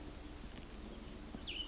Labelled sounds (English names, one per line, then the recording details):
Cassin's Vireo
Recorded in Sonoma County, California